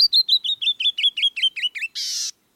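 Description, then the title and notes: Canyon Wren, a falling series of bright whistled notes like a musical glissando, finished with a brief coarse buzzy note. Year-round resident of rocky outcrops, cliffs, coulees and mesas of the American West, Mexico to southern British Columbia, nesting in rock piles and under overhangs; song a cascade of silvery whistled notes, a glissando. "The Song of the Canyon Wren. BirdNote"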